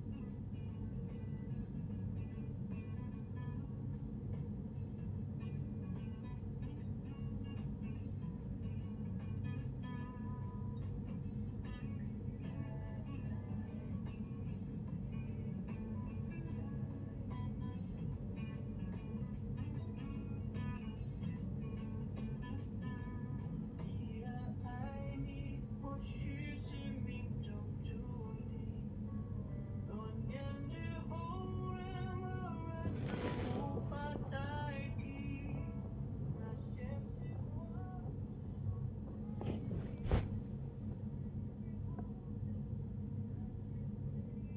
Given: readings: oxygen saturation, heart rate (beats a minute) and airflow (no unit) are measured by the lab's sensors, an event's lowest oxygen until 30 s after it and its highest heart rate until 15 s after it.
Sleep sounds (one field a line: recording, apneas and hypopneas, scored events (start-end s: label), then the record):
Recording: a person awake in a sleep study, by a smartphone at the bedside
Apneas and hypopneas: none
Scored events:
0.00-44.57 s: awake
From the record:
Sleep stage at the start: awake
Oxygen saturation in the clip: 95%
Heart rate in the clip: 65 to 80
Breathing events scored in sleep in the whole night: 35 in 6.9 hours asleep